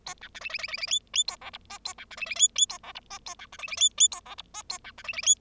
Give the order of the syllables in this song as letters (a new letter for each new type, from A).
A B C D D D D D E E A F G H A B C D D E E A F G H A B C D D E E A F G H A B C D D E